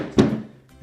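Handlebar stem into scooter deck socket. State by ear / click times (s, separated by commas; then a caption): seated / 0.2 s. A detached T-bar handlebar stem of a Micro Mini Original Kickboard kids' kick scooter is pushed down into its socket on the deck. A sharp snap at 0.2 s rings out with a low resonant tail over the next few tenths of a second. The stem is seated.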